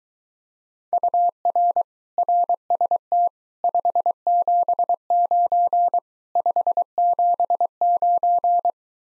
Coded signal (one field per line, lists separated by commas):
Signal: Morse code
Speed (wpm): 24 wpm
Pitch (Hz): 700 Hz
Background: none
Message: UR RST 579 579